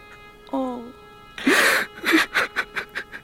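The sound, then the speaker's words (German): A very large man who has nearly drowned lets out a short, drawn-out wail, then breaks into loud, gasping sobs that come in a rhythmic run of shorter bursts, gradually weakening. “um mein heulender Held.”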